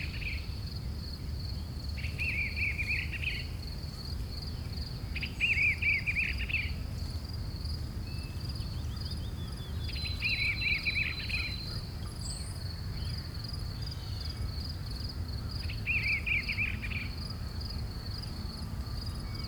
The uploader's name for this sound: Forest Crickets Chirping Softly